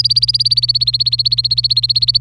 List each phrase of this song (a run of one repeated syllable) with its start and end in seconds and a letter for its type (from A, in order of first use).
0.00-2.18 A